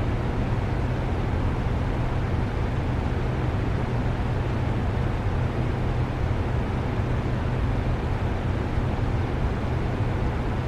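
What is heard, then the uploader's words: A fan runs with a steady, dense whoosh and a low hum underneath, unchanging throughout, with no other sounds breaking through. I Fell Asleep Recording This Fan Noise!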